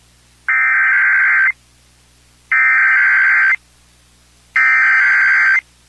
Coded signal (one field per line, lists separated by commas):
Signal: Emergency Alert System (SAME) tones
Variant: header bursts